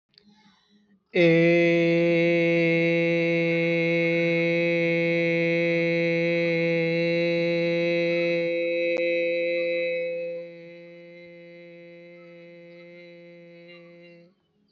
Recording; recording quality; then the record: sustained vowel as in made; excellent, no background noise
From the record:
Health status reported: healthy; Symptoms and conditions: none ticked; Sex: male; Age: 39 years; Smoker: not ticked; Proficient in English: yes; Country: India